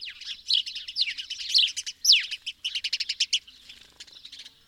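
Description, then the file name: House sparrow chirps: a dense run of harsh, overlapping notes, then a quick series of short repeated chirps that fade toward the end. "Passer domesticus"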